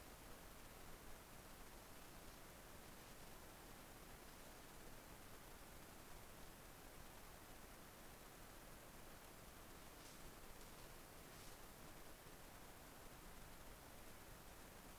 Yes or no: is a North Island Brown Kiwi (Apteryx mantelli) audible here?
no